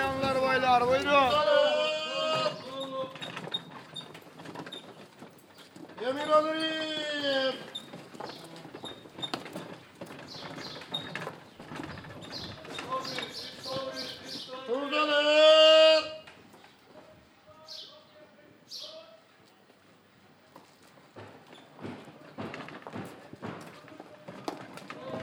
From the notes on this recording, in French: Promenade à Istanbul, sur le port et dans les rues, entre minaret et manif, dans les ateliers de tissage, au souk et au café.